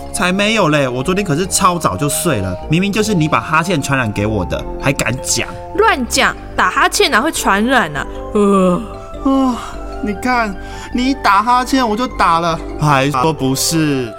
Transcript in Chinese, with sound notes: 才沒有咧，我昨天可是超早就睡了，明明就是你把哈欠傳染給給我的，還敢說！
亂講，打哈欠哪會傳染啊！啊~~~ (打哈欠)
啊~~~ (打哈欠) 看！你 ㄧ 打哈欠我就打了，還說不是！